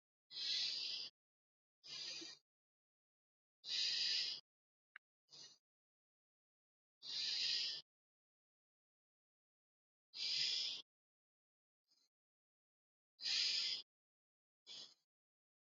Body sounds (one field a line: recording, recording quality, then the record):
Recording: deep breathing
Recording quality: excellent, no background noise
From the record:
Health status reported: healthy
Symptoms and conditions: none ticked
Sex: male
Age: 60 years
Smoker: not ticked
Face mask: not worn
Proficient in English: yes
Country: India